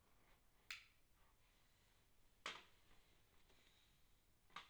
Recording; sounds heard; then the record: poultry house recording; no chicken sound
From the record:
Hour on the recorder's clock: 22